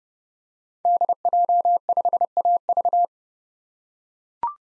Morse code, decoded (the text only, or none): DJ5AV